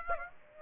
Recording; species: mosquito wingbeat signal from an infrared sensor; Aedes aegypti